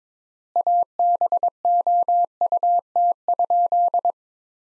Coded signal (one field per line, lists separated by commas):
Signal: Morse code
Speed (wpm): 22 wpm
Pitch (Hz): 700 Hz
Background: none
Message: ABOUT?